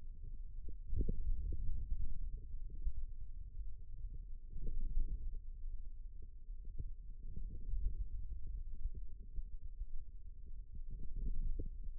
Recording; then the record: forearm muscle sounds (acoustic myography)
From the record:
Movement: radial deviation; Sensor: system 2, bracelet of six BSWA MPA416 microphones around the upper forearm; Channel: 4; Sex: male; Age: 22 years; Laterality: right